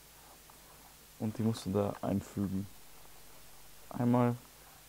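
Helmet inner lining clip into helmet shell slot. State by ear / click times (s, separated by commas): not seated / none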